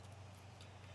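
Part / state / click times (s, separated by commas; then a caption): metal embossing die into a leaf cutting die / seated / 0.6 s. A small metal embossing die is pressed into the opening of a larger metal leaf cutting die and snaps into place. A faint, short click at 0.6 s rises above a steady low hum, and the embossing die is seated inside the cutting die.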